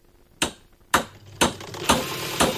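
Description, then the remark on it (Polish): Car repair workshop sounds: five sharp metallic hammer strikes land at a steady, roughly half-second pace, each a bright clanging hit over a low background hum that grows slightly busier toward the end. “Może ale jeżeli samochody, no to wiadomo, jak samochody, to i warsztaty, prawda? Aha, no dobra, to warsztat.”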